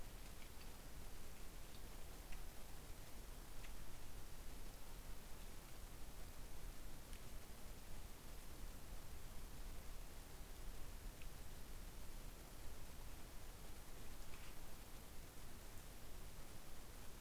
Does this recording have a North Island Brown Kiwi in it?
no